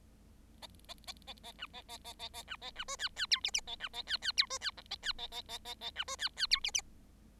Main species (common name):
Bengalese Finch